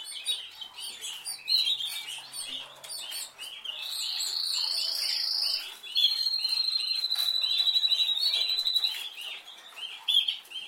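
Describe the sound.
Canary song with a long, fast, high rolling trill and a sustained buzzy trill, amid constant chirping.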